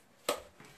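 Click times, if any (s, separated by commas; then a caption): 0.3 s. The folding leg of a plastic toilet footstool is pulled open until its latch snaps. A sharp, bright click comes at 0.3 s, followed by a fainter, duller sound around 0.6 s. The leg clicks open and locks in place.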